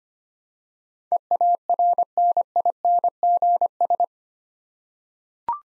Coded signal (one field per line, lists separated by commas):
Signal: Morse code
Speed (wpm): 25 wpm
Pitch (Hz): 700 Hz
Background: none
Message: EARNINGS